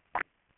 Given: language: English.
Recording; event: throat vibration sensor signal played as sound; swallow